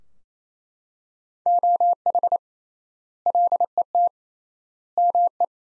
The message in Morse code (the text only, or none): OH LET ME